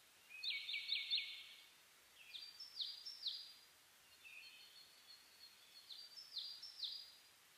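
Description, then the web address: Birdsong opening with a fast high trill, followed by short, clipped descending phrases repeated in loose groups with brief pauses between. Dawn chorus (reimei) recorded 10 May 2010. "reimei DH-D 50-saezuri-20100510-0401"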